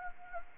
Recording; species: mosquito wingbeat signal from an infrared sensor; Anopheles gambiae